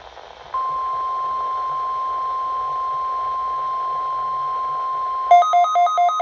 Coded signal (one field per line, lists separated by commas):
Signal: Emergency Alert System (SAME) tones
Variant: 1050 Hz attention tone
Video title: EAS#1 required weekly test